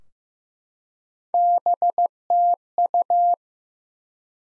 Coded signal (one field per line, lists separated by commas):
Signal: Morse code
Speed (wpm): 15 wpm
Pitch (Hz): 700 Hz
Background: none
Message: BTU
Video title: Top 180 QSO Elements 15wpm